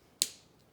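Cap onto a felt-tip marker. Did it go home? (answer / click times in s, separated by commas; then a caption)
yes / 0.2 s. A felt-tip marker's cap, left with a tiny gap, is pushed down against a table until it clicks shut so the marker stays wet and doesn't dry out. A single sharp, bright click sounds at 0.2 s and fades quickly into quiet. The cap is seated fully closed.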